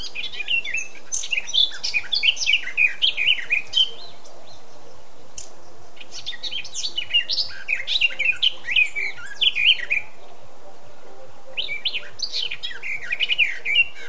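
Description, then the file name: Eurasian blackcap giving three bursts of rapid, varied warbling, each several seconds long and separated by brief quiet gaps. "Sylvia atricapilla"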